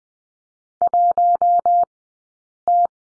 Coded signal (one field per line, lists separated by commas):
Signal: Morse code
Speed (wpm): 18 wpm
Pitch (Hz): 700 Hz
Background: none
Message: 1 T